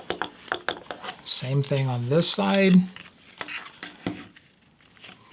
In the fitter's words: into this location and so if you push it in place it snaps right on